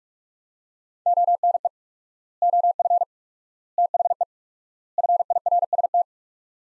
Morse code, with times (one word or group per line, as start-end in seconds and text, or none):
1.1-1.7 ONE
2.4-3.0 OF
3.8-4.2 THE
5.0-6.0 FIRST